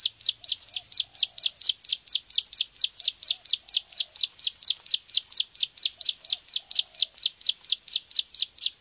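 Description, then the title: Bar-winged prinia song, high clipped notes repeated rapidly and evenly, with a few soft low chirping notes in the background. "Suara Burung Ciblek"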